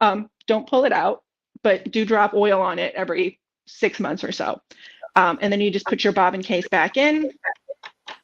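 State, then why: Not seated. Someone talks while a sewing machine's bobbin case is brought back to its bobbin holder after the area has been oiled. Two faint, brief handling sounds come near the end, at about 7.9 s and 8.1 s. The bobbin case has not seated or clicked into place yet.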